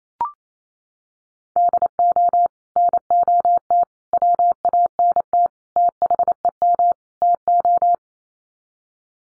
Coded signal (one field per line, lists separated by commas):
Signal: Morse code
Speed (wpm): 28 wpm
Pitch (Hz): 700 Hz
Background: none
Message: DO NOT WANT THEM TO